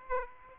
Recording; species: mosquito wingbeat signal from an infrared sensor; Aedes aegypti